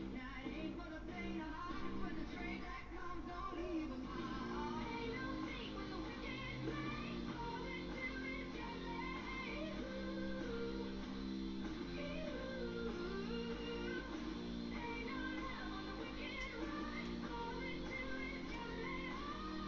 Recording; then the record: background sound without coughing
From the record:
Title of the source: BackgroundMusic2